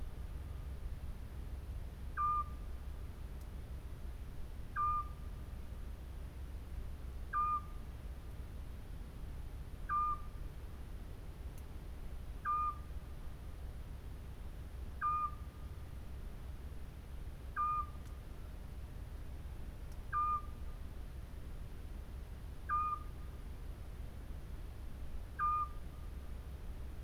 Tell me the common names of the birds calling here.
Eurasian Scops Owl